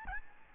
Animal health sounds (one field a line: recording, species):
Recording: mosquito wingbeat signal from an infrared sensor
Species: Aedes albopictus